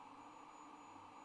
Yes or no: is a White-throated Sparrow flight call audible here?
no